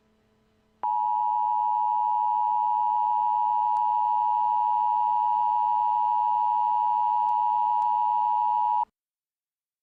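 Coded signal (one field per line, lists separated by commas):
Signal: Emergency Alert System (SAME) tones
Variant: 853 and 960 Hz attention tone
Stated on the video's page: Homemade fictional EAS alert.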